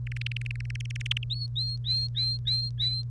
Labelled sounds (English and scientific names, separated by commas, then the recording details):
Domestic Canary (Serinus canaria) song
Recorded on 1 May 2018 at 06:07
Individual llb3